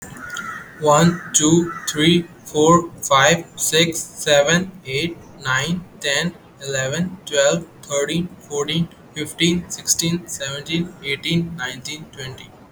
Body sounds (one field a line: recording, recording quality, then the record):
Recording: counting at a normal pace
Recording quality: excellent, no background noise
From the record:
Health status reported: healthy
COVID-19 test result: negative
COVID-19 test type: RT-PCR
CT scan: not taken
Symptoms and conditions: none ticked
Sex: male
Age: 23 years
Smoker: no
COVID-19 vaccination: one dose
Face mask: not worn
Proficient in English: yes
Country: India